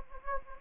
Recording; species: mosquito wingbeat signal from an infrared sensor; Anopheles gambiae